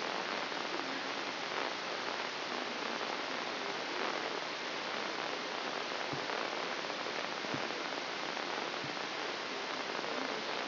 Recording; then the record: brain microelectrode recording played as sound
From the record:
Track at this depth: inside the subthalamic nucleus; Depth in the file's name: 6.105 mm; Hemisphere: left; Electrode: 2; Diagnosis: Parkinson's disease